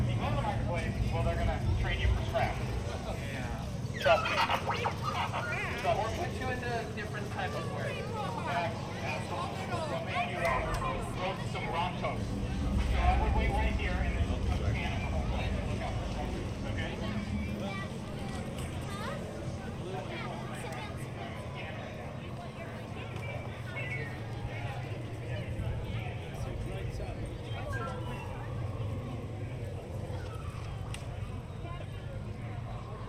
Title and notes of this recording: Disneyland Park Binaural Walk Through. A relaxing audio journey through Disneyland park in Anaheim, California.